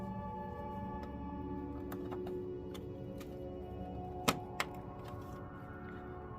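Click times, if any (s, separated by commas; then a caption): 4.3 s, 4.6 s. A second memory module is pushed into its DIMM slot on the motherboard of an HP Z4 G4 workstation over a steady, low harmonic hum with a few faint ticks. Two sharp latch clicks ring out at 4.3 s and 4.6 s, and the RAM stick is seated.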